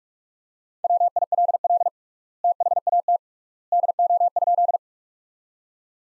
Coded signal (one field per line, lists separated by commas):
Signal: Morse code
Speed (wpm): 44 wpm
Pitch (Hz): 700 Hz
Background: none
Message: WILL THAT DO?